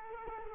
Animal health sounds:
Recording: mosquito wingbeat signal from an infrared sensor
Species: Culex quinquefasciatus

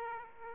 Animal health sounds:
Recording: mosquito wingbeat signal from an infrared sensor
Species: Aedes aegypti

